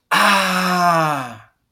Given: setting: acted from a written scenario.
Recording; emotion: vocal sound without words; triumph